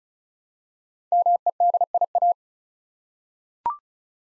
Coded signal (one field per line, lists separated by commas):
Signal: Morse code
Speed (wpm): 36 wpm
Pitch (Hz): 700 Hz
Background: none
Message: MEDIA